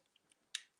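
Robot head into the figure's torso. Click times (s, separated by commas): 0.6 s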